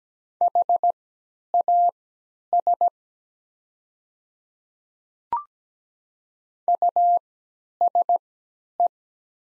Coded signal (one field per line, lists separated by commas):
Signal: Morse code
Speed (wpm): 17 wpm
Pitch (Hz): 700 Hz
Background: none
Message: HAS USE